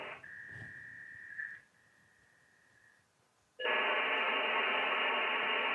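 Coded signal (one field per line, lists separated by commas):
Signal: modem data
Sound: a steady high tone that fades, then sudden loud wideband hiss filling the phone band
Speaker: but that's what a modem sounds like all within the 3.4 khz or 3.1 khz that we've been allowed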